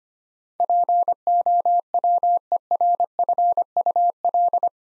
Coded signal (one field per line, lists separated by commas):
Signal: Morse code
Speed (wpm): 25 wpm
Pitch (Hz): 700 Hz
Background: none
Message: POWERFUL